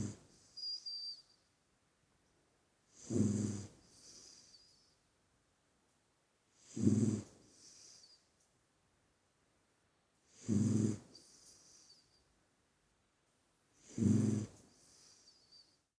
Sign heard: Dog Snoring.